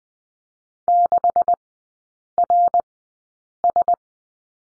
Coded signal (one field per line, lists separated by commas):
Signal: Morse code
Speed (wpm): 20 wpm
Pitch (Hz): 700 Hz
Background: none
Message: 6RS